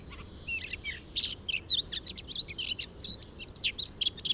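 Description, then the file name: Eurasian blackcap singing a hurried, chattering warble of short high notes in an unbroken run, over a soft background hiss. "Sylvia atricapilla"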